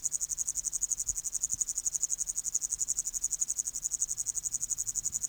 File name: Tettigonia cantans